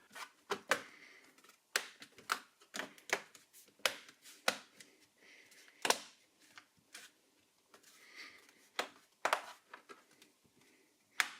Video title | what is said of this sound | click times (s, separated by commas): Lenovo ThinkPad E15 Gen 2 Upgrades, Benchmarks & Review | Then make sure it clicks in place on all sides. | 0.7 s, 1.8 s, 3.9 s, 11.2 s